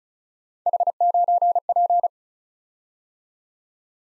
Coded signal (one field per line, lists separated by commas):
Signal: Morse code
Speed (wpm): 36 wpm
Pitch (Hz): 700 Hz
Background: none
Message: H9P